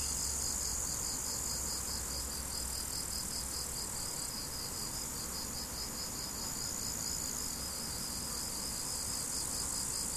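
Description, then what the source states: Crickets chirp in a fast, regular pulsing trill, accompanied by a high continuous insect buzz and a low steady hum in the background. Crickets recorded 17 July 2012 with an MZ-N710 recorder.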